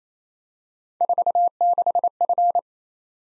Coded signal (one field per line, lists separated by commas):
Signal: Morse code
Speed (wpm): 29 wpm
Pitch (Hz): 700 Hz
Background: none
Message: 46F